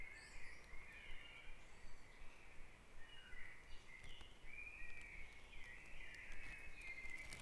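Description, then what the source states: Birds singing at dawn: an almost continuous run of warbled, whistled phrases that overlap one another, with a faint low rumble underneath. Dawn chorus recorded at Back Dragon Avenue, Harrogate; part of the Sound Map of Harrogate.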